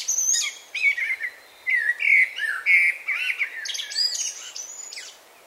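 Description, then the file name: Common blackbird song: a continuous string of warbled, fluty phrases mixed with squeaky high twitters, with little pause between notes. "Turdus merula"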